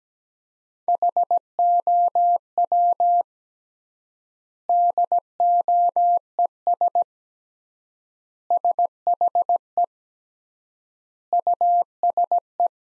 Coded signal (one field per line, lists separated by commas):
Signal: Morse code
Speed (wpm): 17 wpm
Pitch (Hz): 700 Hz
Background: none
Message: HOW DOES SHE USE